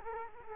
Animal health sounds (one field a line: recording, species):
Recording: mosquito wingbeat signal from an infrared sensor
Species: Culex quinquefasciatus